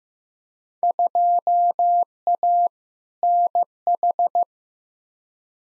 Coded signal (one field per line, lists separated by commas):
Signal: Morse code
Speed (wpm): 15 wpm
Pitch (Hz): 700 Hz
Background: none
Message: 2A NH